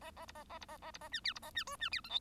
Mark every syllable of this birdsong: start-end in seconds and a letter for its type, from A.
0.01-0.11 A, 0.16-0.26 A, 0.28-0.32 B, 0.35-0.44 A, 0.49-0.58 A, 0.61-0.66 B, 0.68-0.78 A, 0.82-0.91 A, 0.94-0.98 B, 1.01-1.09 A, 1.12-1.21 C, 1.24-1.33 D, 1.35-1.39 B, 1.42-1.51 A, 1.54-1.64 C, 1.67-1.77 E, 1.79-1.89 C, 1.91-2.01 D, 2.04-2.09 F, 2.09-2.19 G